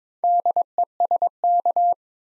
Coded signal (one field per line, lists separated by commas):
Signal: Morse code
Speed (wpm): 22 wpm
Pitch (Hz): 700 Hz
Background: none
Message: DESK